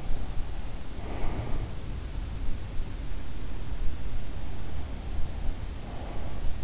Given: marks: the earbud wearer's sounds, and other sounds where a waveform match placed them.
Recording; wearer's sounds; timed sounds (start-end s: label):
sounds in sleep by an in-ear microphone; breath
0.90-1.61 s: breath